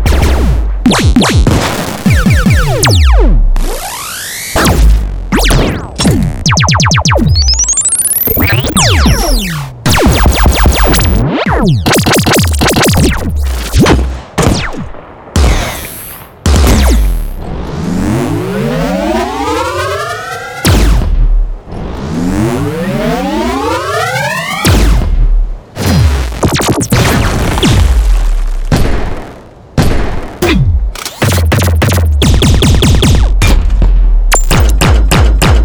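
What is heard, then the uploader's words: Rapid sci-fi weapon blasts fire in dense bursts throughout, with swooping rising and falling laser tones, deep booming lows, and bright crackling tails. Sci Fi Weapon Sound Effects.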